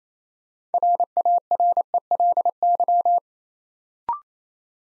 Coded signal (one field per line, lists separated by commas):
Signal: Morse code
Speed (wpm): 27 wpm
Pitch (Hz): 700 Hz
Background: none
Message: RARELY